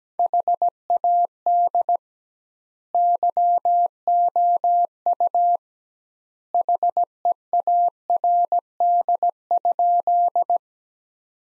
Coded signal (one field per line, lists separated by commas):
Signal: Morse code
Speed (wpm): 17 wpm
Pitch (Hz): 700 Hz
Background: none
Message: HAD YOU HEARD?